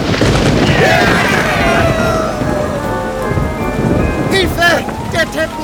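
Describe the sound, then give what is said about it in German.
A loud, steady roar of storm rain with low rumbling thunder throughout, swelling into a sharper burst near the end as a lightning strike cracks through the downpour, the lightning striking a carpet. “Blitze erhellen den Himmel und einer davon schlägt direkt in den Teppich unserer Freunde ein.”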